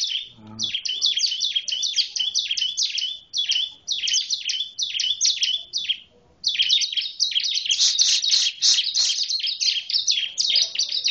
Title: Suara Burung Ciblek